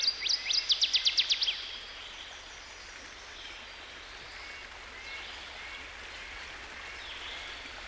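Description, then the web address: Northern waterthrush song, an emphatic run of about nine fast, loud chips at the start, then soft scattered bird notes over steady water-like noise. By a stream. "Dan Gibson Songbirds By The Stream. Northern Waterthrush"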